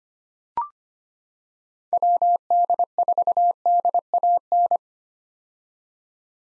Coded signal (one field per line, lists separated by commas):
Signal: Morse code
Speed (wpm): 25 wpm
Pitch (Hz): 700 Hz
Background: none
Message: WD4DAN